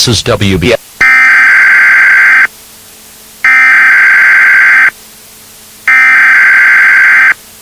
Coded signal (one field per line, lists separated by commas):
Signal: Emergency Alert System (SAME) tones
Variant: header bursts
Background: speech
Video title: Terror in the USA: An Uncut EAS Nuclear Attack Series [unissued]